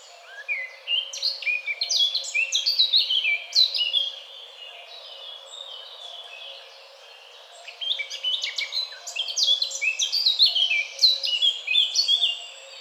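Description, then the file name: Eurasian blackcap song: dense, rich warbling with quick rising and falling notes, broken by a quiet gap before a longer jumbled phrase resumes. "Sylvia atricapilla"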